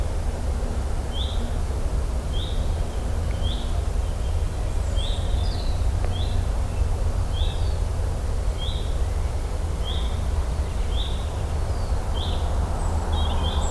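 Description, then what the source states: Bird calls, short chirps repeated steadily about every second over a constant low rumble, with a few fainter high notes in between. In the Lake District.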